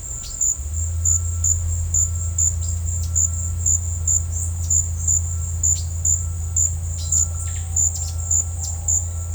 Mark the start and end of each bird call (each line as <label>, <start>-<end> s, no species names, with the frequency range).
bird call (3.1-6.6 kHz), 0.10-0.44 s
bird call (3.3-7.6 kHz), 2.57-3.23 s
bird call (3.5-7.0 kHz), 4.28-4.70 s
bird call (2.8-6.9 kHz), 5.70-5.95 s
bird call (2.6-7.0 kHz), 6.92-8.77 s